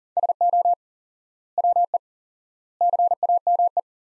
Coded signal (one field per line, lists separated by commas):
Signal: Morse code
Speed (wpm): 40 wpm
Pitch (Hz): 700 Hz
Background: none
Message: SO WE CAME